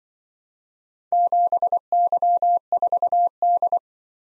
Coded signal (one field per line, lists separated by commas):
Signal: Morse code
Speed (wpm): 25 wpm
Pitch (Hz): 700 Hz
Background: none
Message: 7Y4D